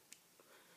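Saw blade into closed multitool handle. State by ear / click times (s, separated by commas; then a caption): seated / 0.1 s. The saw blade of a Leatherman Sidekick multitool, unlocked with its push button, is pushed down and clips back into the closed handle with a small, sharp click at 0.1 s. A fainter sound follows around 0.4 s, and the blade is seated closed.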